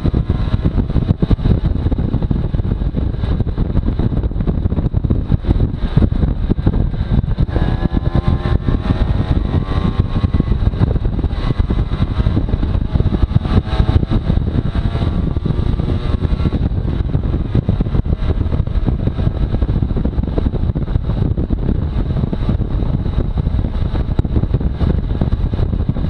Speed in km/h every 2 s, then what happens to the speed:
37, 32, 30, 33, 36, 39, 42, 45, 47, 47, 47, 45, 44.
0-4 slows to 30. 4-16 speeds up to 47. 16-26 steady at about 47.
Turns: none.